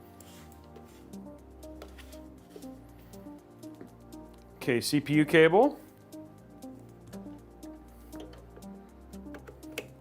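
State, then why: Seated. Over steady background music, someone talks briefly while a CPU power cable is routed and its plastic connector is pushed into the motherboard's CPU power header, with faint handling clicks and rustles throughout. The latch clicks sharply at 9.8 s, and the connector is seated.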